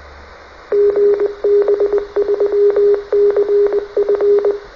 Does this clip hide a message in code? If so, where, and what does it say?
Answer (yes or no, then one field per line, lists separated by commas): yes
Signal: Morse code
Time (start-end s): 0.7-4.5 s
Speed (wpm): 20 wpm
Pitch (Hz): 410 Hz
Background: none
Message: GB3CF